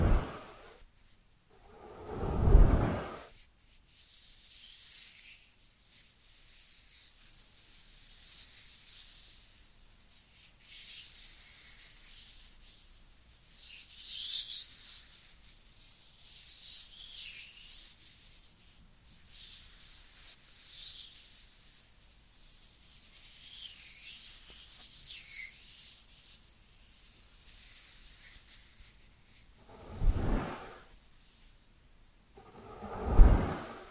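Dry hands rub together in a soft, steady hiss of skin on skin, thin and bright with slow swells in loudness. Three louder, fuller swipes or claps stand out, near the start, around thirty seconds, and at the very end.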